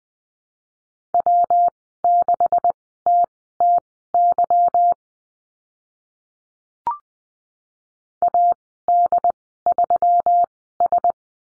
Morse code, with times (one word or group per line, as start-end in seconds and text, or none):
1.1-4.9 W6TTY
8.2-11.1 AD3S